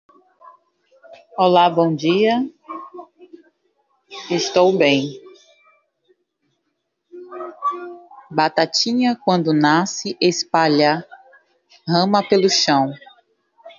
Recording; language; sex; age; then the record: short text; Brazilian Portuguese; female; 30 to 39 years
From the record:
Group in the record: control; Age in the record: 35 years